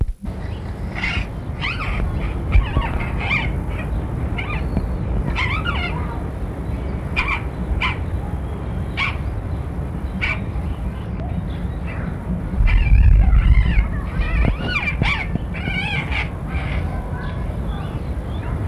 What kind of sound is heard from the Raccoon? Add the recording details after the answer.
aggressive call. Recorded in captivity. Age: adult. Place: Tierpark Berlin, Berlin, DE. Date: 1963-04-06 15:00. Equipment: Minifon, Kopie Smaragd. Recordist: Tembrock, Günter. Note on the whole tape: Laute eines Tieres während Annäherung eines zweiten, dieser mehrfach Nackenbiss (beide in den offenen Hütte, Abstand 8m)